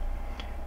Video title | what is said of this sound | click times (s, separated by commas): Olympus Pen F Video Manual 2 of 2 | You might have heard a little click there. | 0.4 s